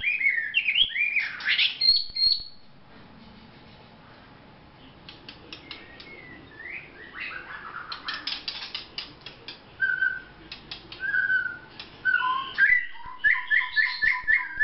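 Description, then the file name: White-rumped shama song, a varied run of rich whistles, slurred notes and harsh chatters, with a quiet gap early on and a fast repeated phrase at the end. Vietnam. "shama vietnam omkicau"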